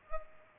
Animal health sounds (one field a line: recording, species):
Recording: mosquito wingbeat signal from an infrared sensor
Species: Culex pipiens